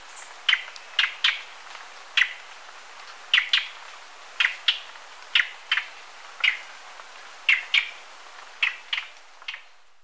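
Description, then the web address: Plain-tailed wren calls, short harsh chattering notes repeated irregularly about every half second to second. Ecuador. "Natures Songs S America Birds of Ecuador Plain-tailed Wren"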